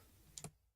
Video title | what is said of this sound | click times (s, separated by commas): Razer Kitsune in 2025 Q&A EvO France and Play some ... (v) | Put in place. Should click. Boom. Clicks right in. | 0.4 s